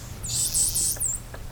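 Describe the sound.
Whale whistles: four quick, very high arched notes in rapid succession, each dipping then rising, over a low steady rumble, followed by a couple of faint clicks.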